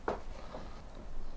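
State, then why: Not seated. A Roadlok XRA 307 Eurosport disc lock with a loaded, spring-loaded metal pin sits on a motorcycle's brake disc while the bike on its side stand is pushed forward or back to line the pin up with a hole in the disc. A short thump at about 0.1 s is followed by low, quiet handling noise. Nothing has seated or clicked yet.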